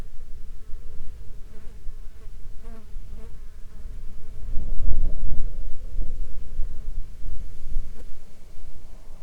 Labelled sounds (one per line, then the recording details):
wind
insects
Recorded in the Arctic National Wildlife Refuge, Alaska, on 19 July 2021 at 15:07
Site 33